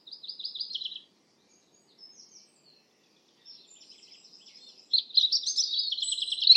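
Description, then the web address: European robin singing in short bursts: a high trilled phrase, faint scattered notes in a near-silent gap, then a loud tumbling warble at the end. "Deverinetal 2025"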